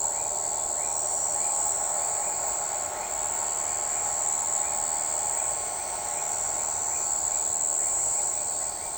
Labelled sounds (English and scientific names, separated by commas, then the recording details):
none
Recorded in shrubland near Pivijay, Magdalena, Colombia, on 14 April 2023 at 02:30
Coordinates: 10.453, -74.365
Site P5-G022